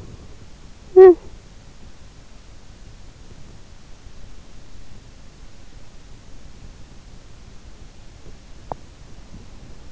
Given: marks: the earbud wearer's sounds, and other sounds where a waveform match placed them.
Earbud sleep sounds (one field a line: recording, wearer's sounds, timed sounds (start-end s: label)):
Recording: sounds in sleep by an in-ear microphone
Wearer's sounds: talking in sleep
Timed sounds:
0.00-0.65 s: talking in sleep